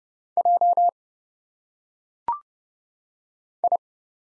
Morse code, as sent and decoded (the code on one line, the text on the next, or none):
.--- / ..
J I